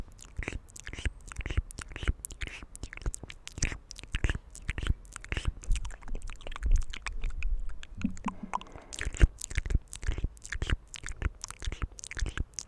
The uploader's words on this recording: ASMR Inaudible Mouth Sounds & Hand Sounds In Nature.